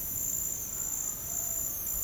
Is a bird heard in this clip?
no